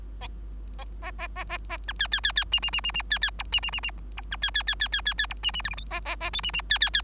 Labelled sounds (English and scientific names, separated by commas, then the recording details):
Bengalese Finch (Lonchura striata domestica) song
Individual Bird3